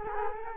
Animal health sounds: mosquito wingbeat signal from an infrared sensor; Culex quinquefasciatus

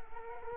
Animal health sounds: mosquito wingbeat signal from an infrared sensor; Culex quinquefasciatus

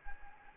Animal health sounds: mosquito wingbeat signal from an infrared sensor; Anopheles gambiae

